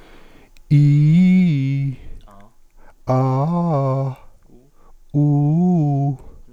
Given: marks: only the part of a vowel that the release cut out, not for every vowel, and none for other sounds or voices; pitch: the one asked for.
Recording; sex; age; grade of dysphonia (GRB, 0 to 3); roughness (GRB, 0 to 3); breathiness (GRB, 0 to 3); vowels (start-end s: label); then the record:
sustained vowels; male; 40 to 49 years; 2; 1; 0
0.83-1.79 s: vowel /i/, low-high-low pitch
3.16-3.99 s: vowel /a/, low-high-low pitch
5.22-6.01 s: vowel /u/, low-high-low pitch
From the record:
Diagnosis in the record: psychogenic dysphonia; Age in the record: 47 years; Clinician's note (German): Phonastetisch